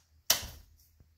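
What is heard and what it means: The rear wheel peg on the second side of an Evenflo Pivot Xplore stroller wagon is inserted into the wagon frame slot. It clicks into place with one sharp snap at 0.3 s, followed by a short ringing decay and a faint tap near 1.0 s. The rear wheel is seated.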